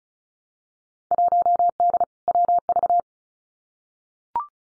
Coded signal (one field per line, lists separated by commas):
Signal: Morse code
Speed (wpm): 36 wpm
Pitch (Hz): 700 Hz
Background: none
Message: 1D WV